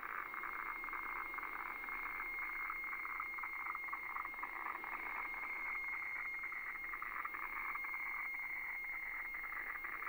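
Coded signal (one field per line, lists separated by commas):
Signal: weather fax (radiofax)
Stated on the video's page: HF weather fax received off shortwave.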